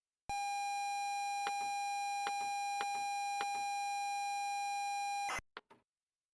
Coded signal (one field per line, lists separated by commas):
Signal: ZX Spectrum tape loading